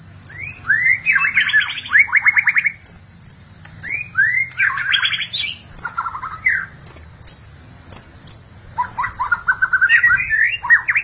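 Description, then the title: Magpie-robin or shama song: high thin notes, rapid rattled series and swooping whistles in a lively, varied stream. "BM Suara Burung Murai"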